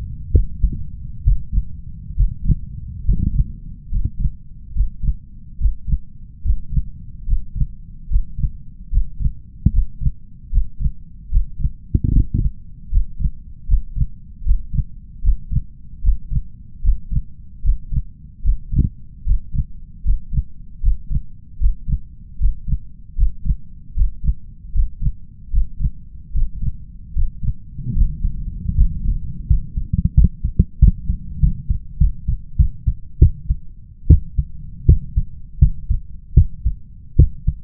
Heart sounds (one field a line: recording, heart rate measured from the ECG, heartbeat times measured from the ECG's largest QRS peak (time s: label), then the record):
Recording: heart sounds by stethoscope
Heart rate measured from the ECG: 77 bpm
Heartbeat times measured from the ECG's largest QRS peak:
0.31 s: heartbeat
1.23 s: heartbeat
2.15 s: heartbeat
3.03 s: heartbeat
3.89 s: heartbeat
4.73 s: heartbeat
5.58 s: heartbeat
6.42 s: heartbeat
7.25 s: heartbeat
8.08 s: heartbeat
8.90 s: heartbeat
9.71 s: heartbeat
10.50 s: heartbeat
11.29 s: heartbeat
12.10 s: heartbeat
12.89 s: heartbeat
13.66 s: heartbeat
14.43 s: heartbeat
15.21 s: heartbeat
16.01 s: heartbeat
16.81 s: heartbeat
17.62 s: heartbeat
18.42 s: heartbeat
19.24 s: heartbeat
20.03 s: heartbeat
20.81 s: heartbeat
21.58 s: heartbeat
22.38 s: heartbeat
23.15 s: heartbeat
23.94 s: heartbeat
24.72 s: heartbeat
25.51 s: heartbeat
26.32 s: heartbeat
27.13 s: heartbeat
27.93 s: heartbeat
28.74 s: heartbeat
29.46 s: heartbeat
30.13 s: heartbeat
30.78 s: heartbeat
31.39 s: heartbeat
31.97 s: heartbeat
32.56 s: heartbeat
33.18 s: heartbeat
34.07 s: heartbeat
34.85 s: heartbeat
35.59 s: heartbeat
36.34 s: heartbeat
37.16 s: heartbeat
From the record:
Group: healthy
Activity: Valsalva maneuver 0-25 s, rest 25-38 s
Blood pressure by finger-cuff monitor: 139/78 mmHg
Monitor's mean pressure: 95 mmHg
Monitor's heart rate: 75 bpm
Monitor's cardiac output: 6.3 L/min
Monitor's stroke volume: 85 mL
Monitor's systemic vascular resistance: 1100 dyn s/cm5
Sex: male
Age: 21 years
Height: 180 cm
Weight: 67.5 kg